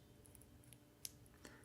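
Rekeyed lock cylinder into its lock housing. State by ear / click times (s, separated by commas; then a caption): seated / 1.1 s. A metal lock cylinder that has just been repinned is turned with its original key and pushed back into its lock body. A few faint ticks come before one sharp click at 1.0 s as the cylinder snaps back into place, followed by a softer tick. The cylinder is seated and locked in.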